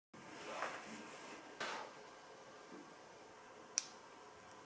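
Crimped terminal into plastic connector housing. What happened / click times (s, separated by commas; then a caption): The terminal clicked into the connector housing / 3.8 s. A crimped wire terminal is pushed into a plastic multi-pin connector housing during stator wiring repair on an RZ350 with a charging problem. Soft handling rustles at about 0.6 and 1.6 s lead up to a single sharp, bright click at 3.8 s. The terminal seats in the housing.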